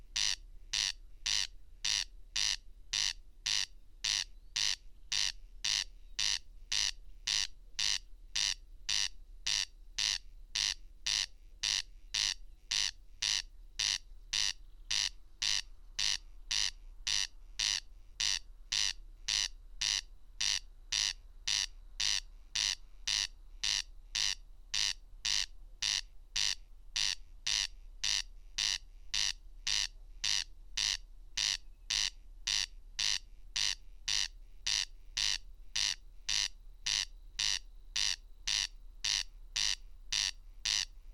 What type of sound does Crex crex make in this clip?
song